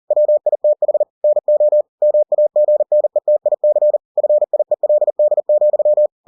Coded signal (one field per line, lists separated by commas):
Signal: Morse code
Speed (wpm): 40 wpm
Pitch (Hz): 600 Hz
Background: none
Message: WITH NO MAGNETIC FIELD,